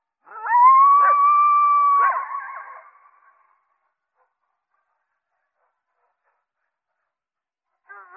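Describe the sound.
Coyote gives one long level howl that ends in short yelps, followed by several seconds of silence and the start of another call at the very end.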